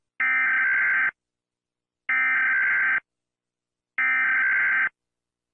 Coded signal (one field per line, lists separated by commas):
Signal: Emergency Alert System (SAME) tones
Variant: header bursts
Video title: Every. Single. North American. Eas. Alarm.